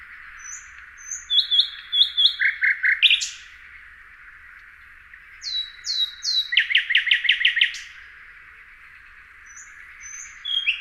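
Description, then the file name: Common nightingale singing two phrases: whistled notes, then a run of rapid repeated chirps; after a pause, more whistles and another fast repeated series. "Luscinia megarhynchos"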